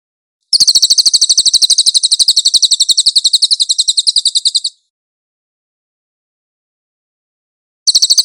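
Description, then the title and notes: Cililin song: after a short silence, a high, fast, even trill runs about four seconds, stops, and restarts near the end. Cililin song on a master (training) track. "MASTER SUARA BURUNG CILILIN. CICILIN"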